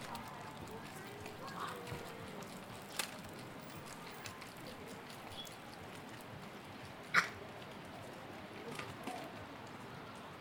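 Ambience at Ditan in Beijing, a steady murmur of low background noise with faint voices mixed in. Brief sharp clicks or knocks stand out near three seconds and more loudly around seven seconds, with a few softer taps scattered elsewhere.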